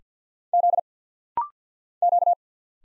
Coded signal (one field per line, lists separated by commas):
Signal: Morse code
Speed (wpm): 50 wpm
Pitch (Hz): 700 Hz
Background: none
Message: Z Q